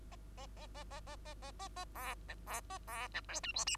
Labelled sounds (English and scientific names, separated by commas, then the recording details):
Bengalese Finch (Lonchura striata domestica) song
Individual Bird2